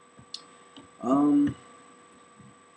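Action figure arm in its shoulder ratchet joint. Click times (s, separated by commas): 0.3 s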